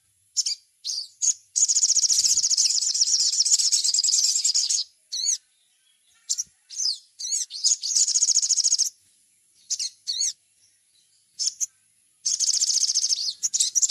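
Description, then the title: Little spiderhunter song: long buzzy high trills broken by quick swooping whistled notes, repeating in bursts, over a faint steady high-pitched hum. Masteran (training recording) for teaching songbirds, labaik type. "Masteran Burung Sogok Ontong Labaik"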